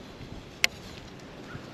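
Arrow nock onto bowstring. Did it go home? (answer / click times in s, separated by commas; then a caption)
yes / 0.6 s. A carbon arrow's plastic nock is pressed onto a bowstring, and it clicks into place with a single sharp, bright snap at 0.6 seconds. The nock seats onto the string. Low, steady background noise fills the rest of the clip.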